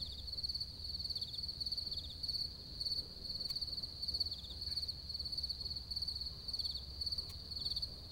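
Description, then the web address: Crickets chirping in a steady high-pitched trill of short pulsed bursts, over a faint low rumble. Recorded on a TRV 900 device. "damir vrancic. crickets"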